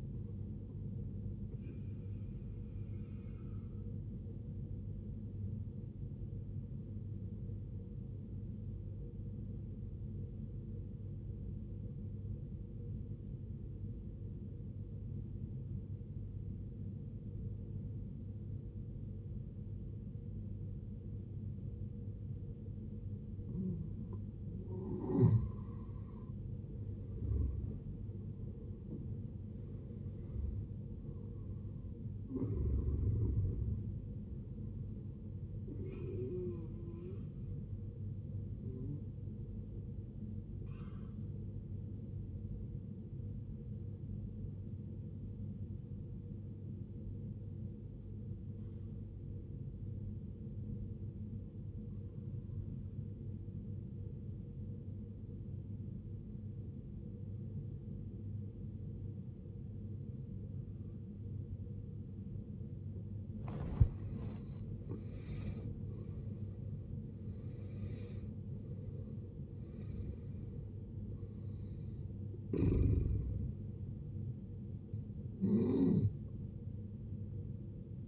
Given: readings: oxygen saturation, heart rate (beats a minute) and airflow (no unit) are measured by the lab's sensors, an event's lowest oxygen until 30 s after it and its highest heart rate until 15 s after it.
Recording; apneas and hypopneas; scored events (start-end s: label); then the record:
breathing in sleep by a smartphone at the bedside; 2
6.00-24.60 s: obstructive apnea (N1, oxygen 95% highest, then 80% lowest, heart rate 61 at the start, 71 highest)
48.00-64.60 s: obstructive apnea (N1, oxygen 94% highest, then 80% lowest, heart rate 68 at the start, 78 highest)
From the record:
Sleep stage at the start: N1 (lightest sleep); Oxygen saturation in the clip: 79 to 95%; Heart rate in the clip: 53 to 78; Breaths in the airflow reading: 10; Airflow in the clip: -15.4 to 16.0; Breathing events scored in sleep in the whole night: 389 in 6.3 hours asleep